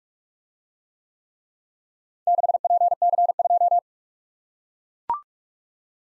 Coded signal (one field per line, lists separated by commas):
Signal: Morse code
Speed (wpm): 42 wpm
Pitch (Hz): 700 Hz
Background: none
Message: 6PC2